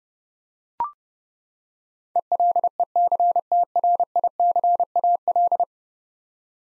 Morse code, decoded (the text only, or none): ELECTRICAL